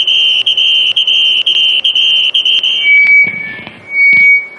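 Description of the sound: Simulated tinnitus sound resembling a squeal: a high-pitched tone near 3 kHz, broken by brief dips roughly once per second, then shifting to a steady, thinner whistle near 2.3 kHz.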